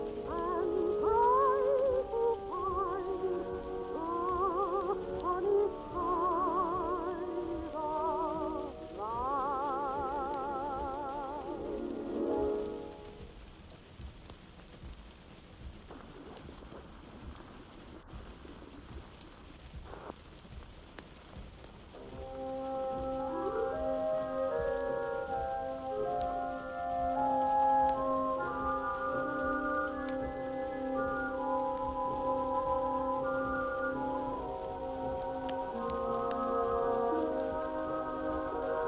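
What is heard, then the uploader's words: Old-time music plays faintly from another room, with sustained melodic lines and a vibrato voice or instrument through the first twelve seconds and again from about twenty-two seconds on. A soft, steady crackle like a fire fills the background, briefly the only sound in the quiet middle stretch. Vintage Oldies playing in another room (falling snow &fire sounds ). (music from '20s, '30s, '40s) and it is sounding like it is coming from another room. You can hear the vintage oldies music from a distance like in a dream.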